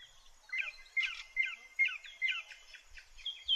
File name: songthrush